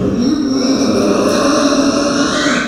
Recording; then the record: squeal of a Yucatan mini pig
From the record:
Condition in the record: after surgery on the right vocal fold (resection and tissue-engineered implant); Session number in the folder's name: 9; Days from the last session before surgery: 65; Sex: female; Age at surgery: 19 weeks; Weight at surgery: 25 kg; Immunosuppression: prednisolone